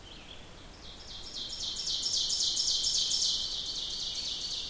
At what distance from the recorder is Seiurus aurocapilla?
about 20 m